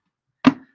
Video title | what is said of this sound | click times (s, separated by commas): How to Make a 2023 Display Stand Calendar | just clicks right in | 0.5 s